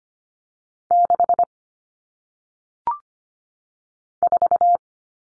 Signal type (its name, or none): Morse code